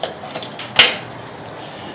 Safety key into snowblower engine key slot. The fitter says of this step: uh starting procedure goes as follows always make sure you put your safety key in first that will click right in